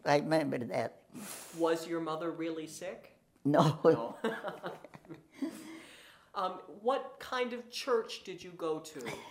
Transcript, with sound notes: I remember that.
Was your mother really sick?
No.
No? [laughter] What kind of church did you go to?